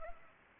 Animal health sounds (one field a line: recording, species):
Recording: mosquito wingbeat signal from an infrared sensor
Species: Culex pipiens